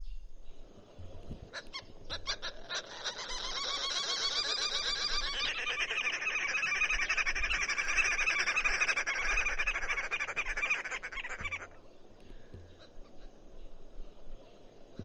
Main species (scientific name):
Phoeniculus purpureus